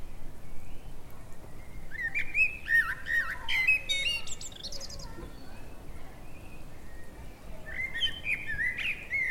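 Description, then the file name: Eurasian blackbird singing warbled whistled phrases with squeaky high flourishes, then a pause before a further phrase, with faint hiss throughout. "Turdus merula"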